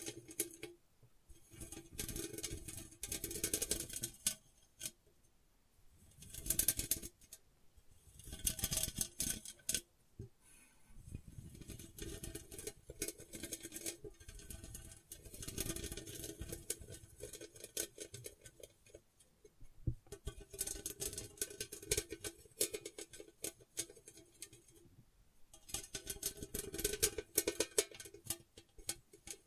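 Gentle scratching comes in uneven bursts, each a dense, crackly rasp lasting a second or two, separated by brief quiet gaps. The strokes carry a soft low rumble beneath a bright, hissy texture, and the louder spells recur every few seconds throughout.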